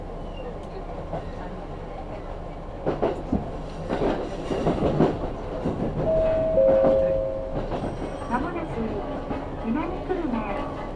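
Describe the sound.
A ride on the Kyudai Main Line from Tanushimaru to Kurume, with a steady low rumble of the train running throughout. Voices break in around three to five seconds, a two-note chime sounds near six to seven seconds, and more speech follows.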